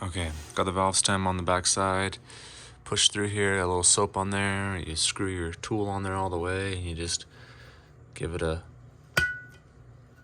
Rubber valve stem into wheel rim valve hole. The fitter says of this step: tug, and it pops right into place.